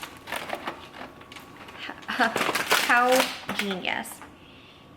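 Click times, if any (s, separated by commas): 0.5 s, 0.7 s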